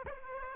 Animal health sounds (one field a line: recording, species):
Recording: mosquito wingbeat signal from an infrared sensor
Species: Aedes aegypti